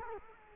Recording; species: mosquito wingbeat signal from an infrared sensor; Culex quinquefasciatus